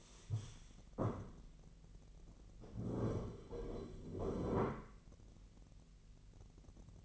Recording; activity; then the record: daily activity, microphone in the room; stand up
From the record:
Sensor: 4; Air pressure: 1002.4 hPa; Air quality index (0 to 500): 249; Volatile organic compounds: 39 ppm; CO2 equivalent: 3128 ppm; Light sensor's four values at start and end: 11/25/10/10 and 11/25/10/10